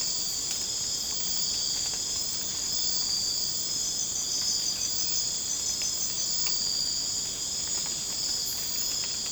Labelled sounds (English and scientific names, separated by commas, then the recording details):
none
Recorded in secondary vegetation near Puerto Asís, Putumayo, Colombia, on 12 March 2025 at 02:00
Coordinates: 0.485, -76.322
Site G040